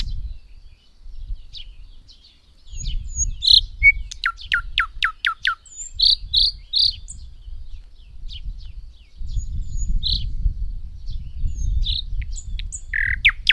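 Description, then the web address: Thrush nightingale song with sharp descending clicks, a triple set of high piping notes and scattered whistles, over a low rumbling background. "agykontroll Madardalok Cd 2. Nagy fülemüle"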